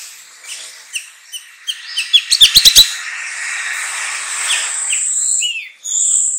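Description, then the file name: Bulbul song: chirps quickening into a rapid clicking burst, then a continuous chattering stretch and a final whistled phrase. "suara kutilang trucukan"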